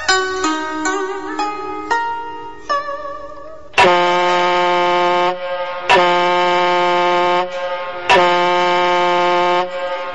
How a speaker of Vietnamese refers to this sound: Mấy hồi còi tàu vang lên làm cho Tư Cầu thêm xót trong lòng.